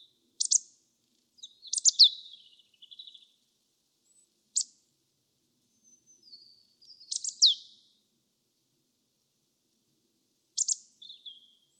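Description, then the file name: Marsh tit calls: sharp, high, downward-sweeping 'pitchou' notes in short clusters, sometimes followed by softer buzzy notes, with long pauses between bursts. "Poecile palustris"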